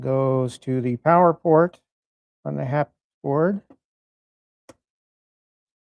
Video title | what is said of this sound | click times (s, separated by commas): "Crossdeck" Episode 83 - X-Arcade Haptics Kit LIVE Unboxing/Install | till it snaps into place. | 4.7 s